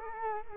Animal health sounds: mosquito wingbeat signal from an infrared sensor; Culex quinquefasciatus

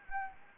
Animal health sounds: mosquito wingbeat signal from an infrared sensor; Anopheles gambiae

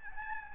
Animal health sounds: mosquito wingbeat signal from an infrared sensor; Aedes albopictus

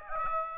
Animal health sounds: mosquito wingbeat signal from an infrared sensor; Aedes aegypti

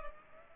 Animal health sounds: mosquito wingbeat signal from an infrared sensor; Culex pipiens

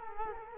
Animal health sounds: mosquito wingbeat signal from an infrared sensor; Culex quinquefasciatus

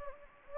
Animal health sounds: mosquito wingbeat signal from an infrared sensor; Anopheles gambiae

